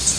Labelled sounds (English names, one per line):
Cerulean Warbler flight call